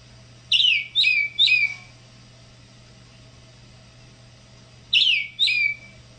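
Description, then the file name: Tropical mockingbird song: three quick slurred, descending whistled notes, a pause of about three seconds, then two more similar notes, over a steady low hum. "sabia da praia"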